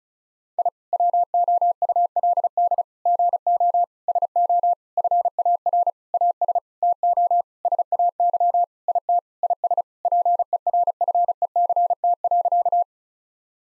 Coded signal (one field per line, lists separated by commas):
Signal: Morse code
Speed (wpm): 34 wpm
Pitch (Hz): 700 Hz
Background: none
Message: I WOULD GO SO FAR AS TO SAY IT IS PERFECT.